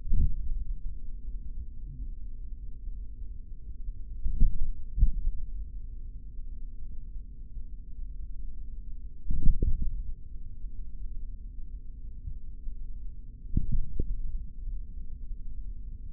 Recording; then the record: forearm muscle sounds (acoustic myography)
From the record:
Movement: tripod grip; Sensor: system 3, bracelet of six PUI Audio POM-2738L microphones around the upper forearm, with dedicated amplification and filtering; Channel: 3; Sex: male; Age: 26 years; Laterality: right